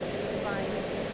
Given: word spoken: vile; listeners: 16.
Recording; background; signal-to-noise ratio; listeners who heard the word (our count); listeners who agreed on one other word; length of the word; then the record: one English word in noise, from a listening test; speech-shaped noise; -6.8 dB; 0 of 16; 7 of 16; 0.73 s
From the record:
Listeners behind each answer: 7, 3, 2, 1, 1, 1, 1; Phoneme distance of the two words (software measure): 27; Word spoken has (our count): 1 syllable, 3 phonemes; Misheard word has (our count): 1 syllable, 4 phonemes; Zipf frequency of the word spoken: 3.51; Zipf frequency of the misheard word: 5.89